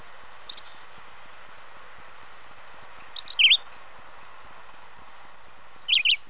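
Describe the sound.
Red-eyed vireo song: three brief, high, slurred phrases spaced a few seconds apart.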